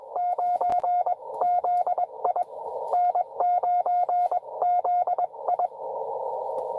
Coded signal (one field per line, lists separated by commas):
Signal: Morse code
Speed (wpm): 20 wpm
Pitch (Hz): 710 Hz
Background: radio noise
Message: 9ZI N9ZI